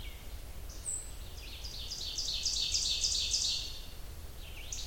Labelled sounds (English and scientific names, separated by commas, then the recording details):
Ovenbird (Seiurus aurocapilla) song
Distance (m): 30 m
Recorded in boreal forest in Alberta, Canada, on 30 June 2016 at 07:19
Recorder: SongMeter 3, array SBT-6-79
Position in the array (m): 45 m, 105 m
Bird 40